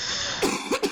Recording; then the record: coughing mixed with background sound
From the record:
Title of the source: 64 coughing, allergies, singing lungs